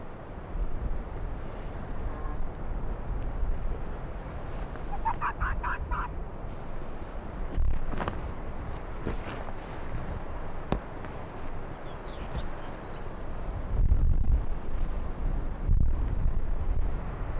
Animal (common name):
Arctic Fox